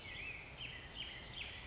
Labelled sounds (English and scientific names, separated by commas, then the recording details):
Black-headed Grosbeak (Pheucticus melanocephalus)
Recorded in Sonoma County, California